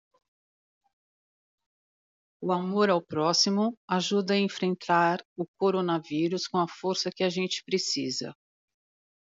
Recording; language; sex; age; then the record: spoken sentence; Brazilian Portuguese; female; 50 to 59 years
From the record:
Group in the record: control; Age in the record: 57 years